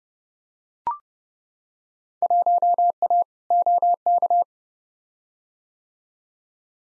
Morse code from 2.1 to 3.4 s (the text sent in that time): 1A